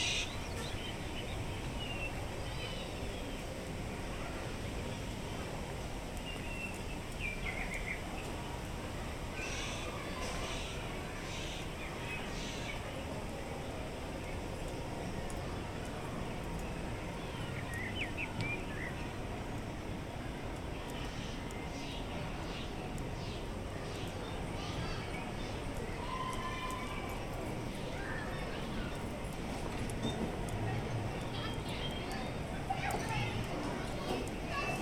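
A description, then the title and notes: A walk through a busy theme park trail area, with a dense, steady wash of crowd murmur and footsteps. Faint chirps and short bright calls flicker in the upper range throughout, especially near the start and after the midpoint, over a constant low rumble. Grizzly Peak and Redwood Creek Challenge Trail (Disney's California Adventure) Binaural Walk Through. In this episode we take a peaceful walk through around the most tranquil place in all of Disney's California Adventure, Grizzly Peak.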